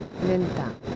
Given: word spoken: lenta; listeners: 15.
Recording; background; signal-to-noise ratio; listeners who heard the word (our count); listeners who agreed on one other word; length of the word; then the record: one Spanish word in noise, from a listening test; noise modulated by three-talker babble; 3.6 dB; 5 of 15; 8 of 15; 0.56 s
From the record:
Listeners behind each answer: 8, 5, 1, 1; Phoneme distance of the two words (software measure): 10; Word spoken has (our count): 2 syllables, 5 phonemes, stress on syllable 1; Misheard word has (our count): 2 syllables, 5 phonemes, stress on syllable 1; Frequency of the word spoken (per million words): 20.92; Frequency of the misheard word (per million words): 3.87